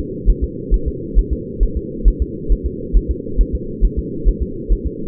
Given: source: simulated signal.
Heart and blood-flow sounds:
fetal heart sounds
0.30 s: S1
0.44 s: S2
0.74 s: S1
0.88 s: S2
1.19 s: S1
1.33 s: S2
1.63 s: S1
1.77 s: S2
2.08 s: S1
2.22 s: S2
2.52 s: S1
2.66 s: S2
2.97 s: S1
3.11 s: S2
3.41 s: S1
3.55 s: S2
3.85 s: S1
3.99 s: S2
4.28 s: S1
4.43 s: S2
4.72 s: S1
4.87 s: S2
From the record:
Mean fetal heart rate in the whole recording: 135 bpm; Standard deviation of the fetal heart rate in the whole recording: 3 bpm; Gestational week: 36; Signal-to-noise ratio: -4.3 dB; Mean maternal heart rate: 72 bpm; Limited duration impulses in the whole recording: absent

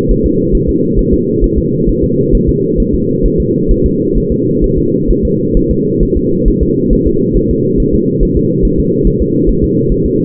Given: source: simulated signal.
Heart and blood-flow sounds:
fetal heart sounds
0.12 s: S1
0.26 s: S2
0.55 s: S1
0.69 s: S2
0.99 s: S1
1.14 s: S2
1.44 s: S1
1.58 s: S2
1.89 s: S1
2.04 s: S2
2.35 s: S1
2.49 s: S2
2.80 s: S1
2.95 s: S2
3.26 s: S1
3.40 s: S2
3.72 s: S1
3.86 s: S2
4.18 s: S1
4.32 s: S2
4.64 s: S1
4.78 s: S2
5.11 s: S1
5.25 s: S2
5.57 s: S1
5.71 s: S2
6.03 s: S1
6.17 s: S2
6.48 s: S1
6.63 s: S2
6.93 s: S1
7.07 s: S2
7.37 s: S1
7.51 s: S2
7.80 s: S1
7.95 s: S2
8.23 s: S1
8.37 s: S2
8.65 s: S1
8.80 s: S2
9.07 s: S1
9.22 s: S2
9.50 s: S1
9.64 s: S2
9.92 s: S1
10.06 s: S2
From the record:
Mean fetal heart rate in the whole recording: 135 bpm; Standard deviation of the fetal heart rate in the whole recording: 3 bpm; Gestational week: 36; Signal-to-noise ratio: -11.2 dB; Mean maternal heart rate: 72 bpm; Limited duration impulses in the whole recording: present

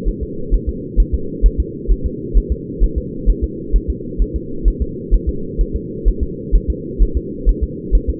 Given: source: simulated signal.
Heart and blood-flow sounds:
fetal heart sounds
0.08 s: S1
0.23 s: S2
0.54 s: S1
0.69 s: S2
1.00 s: S1
1.14 s: S2
1.46 s: S1
1.60 s: S2
1.92 s: S1
2.06 s: S2
2.37 s: S1
2.52 s: S2
2.83 s: S1
2.98 s: S2
3.30 s: S1
3.44 s: S2
3.76 s: S1
3.90 s: S2
4.22 s: S1
4.36 s: S2
4.68 s: S1
4.82 s: S2
5.14 s: S1
5.29 s: S2
5.61 s: S1
5.76 s: S2
6.08 s: S1
6.23 s: S2
6.55 s: S1
6.70 s: S2
7.03 s: S1
7.17 s: S2
7.49 s: S1
7.64 s: S2
7.95 s: S1
8.10 s: S2
From the record:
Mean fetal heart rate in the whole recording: 130 bpm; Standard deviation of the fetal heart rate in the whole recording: 2 bpm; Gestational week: 36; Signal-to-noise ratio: -4.3 dB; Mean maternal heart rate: 72 bpm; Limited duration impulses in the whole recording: absent

